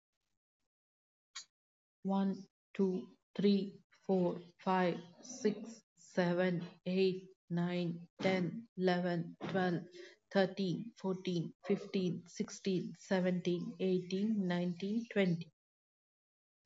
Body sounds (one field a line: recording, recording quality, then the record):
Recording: counting at a normal pace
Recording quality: excellent, no background noise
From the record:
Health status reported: COVID-19 positive, mild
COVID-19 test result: positive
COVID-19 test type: RT-PCR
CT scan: not taken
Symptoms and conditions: cold, sore throat, fever, muscle pain, hypertension, diabetes, another condition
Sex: female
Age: 52 years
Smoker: no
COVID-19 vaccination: both doses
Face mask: not worn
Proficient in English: yes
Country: India